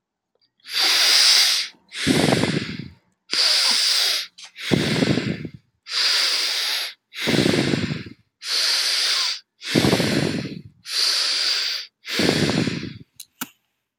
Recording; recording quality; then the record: deep breathing; excellent, no background noise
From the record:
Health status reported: exposed to COVID-19, no respiratory illness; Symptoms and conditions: sore throat, muscle pain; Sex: male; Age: 35 years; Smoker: not ticked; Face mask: not worn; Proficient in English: yes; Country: United States